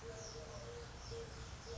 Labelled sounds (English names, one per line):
Eurasian Collared Dove